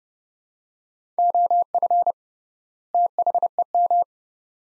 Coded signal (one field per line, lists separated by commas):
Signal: Morse code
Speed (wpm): 30 wpm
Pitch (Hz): 700 Hz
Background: none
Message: OF THEM